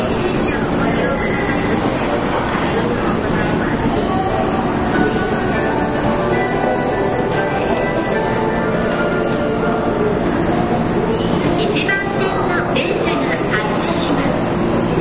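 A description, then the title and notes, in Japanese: A train ride between Maiko Park and Kobe Sannomiya, with a steady, dense rumble of the running train filling the whole stretch. Voices murmur throughout, and faint high whines and squeals come and go, most noticeably around the twelfth second. 山陽電気鉄道 5000系電車の走行音です。山陽電鉄線から神戸高速線・阪神電鉄線へ直通する直通特急列車にて収録。区間は、舞子公園から神戸三宮までです。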